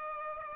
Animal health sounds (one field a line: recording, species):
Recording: mosquito wingbeat signal from an infrared sensor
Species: Aedes aegypti